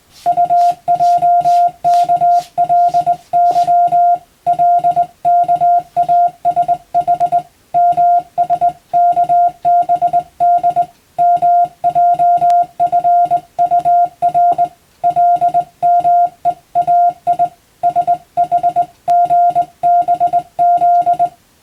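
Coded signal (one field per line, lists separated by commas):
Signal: Morse code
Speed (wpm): 21 wpm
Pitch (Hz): 700 Hz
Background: music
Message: UJKLY LKASH MSKBD MJFUR LMEAI SHGBZ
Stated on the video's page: Hand-keyed Morse practice for the Japanese radiotelegraph operator exam, sending plain-language telegram practice text, also suitable for amateur receiving practice.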